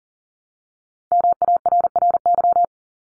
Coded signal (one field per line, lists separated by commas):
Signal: Morse code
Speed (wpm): 40 wpm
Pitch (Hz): 700 Hz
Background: none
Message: MARRY